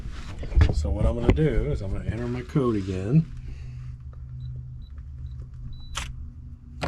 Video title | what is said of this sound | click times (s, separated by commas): Keypad Door Lock Keep Your Family Safe | boom here it unlocked | 6.8 s